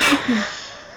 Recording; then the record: coughing mixed with background sound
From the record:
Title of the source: 64 coughing, allergies, singing lungs